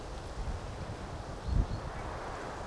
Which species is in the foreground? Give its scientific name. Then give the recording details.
Parus major. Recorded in Germany. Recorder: ecoPi